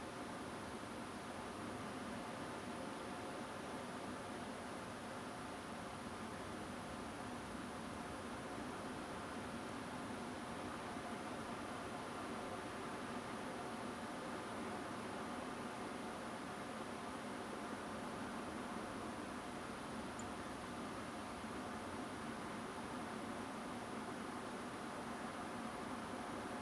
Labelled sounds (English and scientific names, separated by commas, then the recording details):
Song Thrush (Turdus philomelos)
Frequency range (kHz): Song Thrush (Turdus philomelos) 6.8-8.7 kHz
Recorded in France